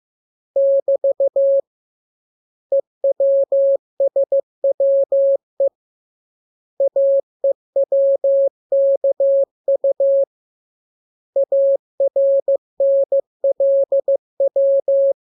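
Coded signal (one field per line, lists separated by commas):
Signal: Morse code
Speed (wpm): 15 wpm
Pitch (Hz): 550 Hz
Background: none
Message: <BT> EWSWE AEWKU ARNLW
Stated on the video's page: Lesson drill of letters, each radiogram opened with VVV and a section sign and closed with AR.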